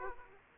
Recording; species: mosquito wingbeat signal from an infrared sensor; Aedes aegypti